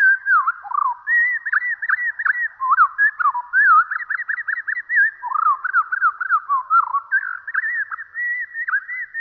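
Bird song of rapid, repeated whistled notes sliding up and down, in continuous chattering phrases.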